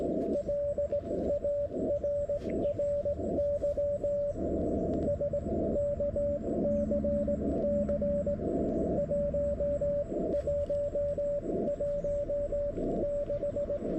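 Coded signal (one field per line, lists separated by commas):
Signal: Morse code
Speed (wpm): 18 wpm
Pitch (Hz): 590 Hz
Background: radio noise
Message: LARRY SKCC 1116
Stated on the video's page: Slow (QRS) CW sent by hand on a straight key at 14–16 WPM, park activation, G90 transceiver, vertical antenna, 20 W, lower than normal signal reports.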